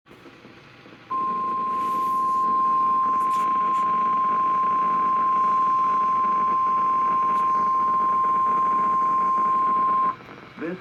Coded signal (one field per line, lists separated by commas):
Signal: Emergency Alert System (SAME) tones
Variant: 1050 Hz attention tone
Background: speech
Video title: Required Weekly Test [WNG698] - 07/27/2022 (EAS #1,326)